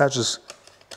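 Someone talks while pressing a selective yellow plastic lens insert into the headlight guard frame of a BMW R1250GS / R1250GSA motorcycle. Brief light handling ticks follow at about 0.7 s and 0.8 s, and the loudest, sharpest one comes at 0.9 s. Nothing has seated or clicked into place yet.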